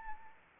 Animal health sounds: mosquito wingbeat signal from an infrared sensor; Anopheles arabiensis

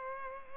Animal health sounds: mosquito wingbeat signal from an infrared sensor; Culex pipiens

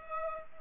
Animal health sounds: mosquito wingbeat signal from an infrared sensor; Culex pipiens

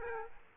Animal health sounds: mosquito wingbeat signal from an infrared sensor; Aedes aegypti

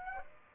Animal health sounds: mosquito wingbeat signal from an infrared sensor; Aedes aegypti

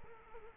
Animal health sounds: mosquito wingbeat signal from an infrared sensor; Culex quinquefasciatus

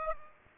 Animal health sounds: mosquito wingbeat signal from an infrared sensor; Aedes aegypti

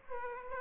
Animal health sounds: mosquito wingbeat signal from an infrared sensor; Aedes aegypti

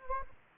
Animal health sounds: mosquito wingbeat signal from an infrared sensor; Anopheles gambiae

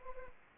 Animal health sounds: mosquito wingbeat signal from an infrared sensor; Anopheles arabiensis

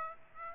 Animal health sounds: mosquito wingbeat signal from an infrared sensor; Aedes aegypti

